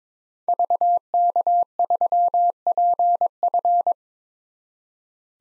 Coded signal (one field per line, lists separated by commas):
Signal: Morse code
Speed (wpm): 22 wpm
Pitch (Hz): 700 Hz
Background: none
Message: VK3PF